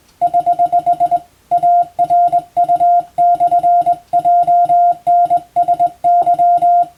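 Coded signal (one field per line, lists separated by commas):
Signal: Morse code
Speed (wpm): 20 wpm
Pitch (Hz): 700 Hz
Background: none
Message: <HH> ARU/JNSY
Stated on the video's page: Morse practice for the Japanese radiotelegraph operator exam, recorded on the amateur bands.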